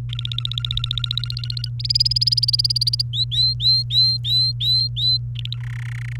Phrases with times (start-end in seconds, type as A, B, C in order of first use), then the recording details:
0.09-1.69 A, 1.79-3.02 B, 3.13-5.18 C, 5.35-5.59 A, 5.60-6.16 D. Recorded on 29 April 2018 at 11:45. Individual llb3